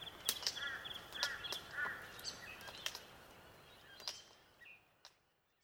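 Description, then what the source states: Glossy black cockatoo giving several soft harmonic calls, with sharp clicks. Melodic calls of glossy black cockatoos.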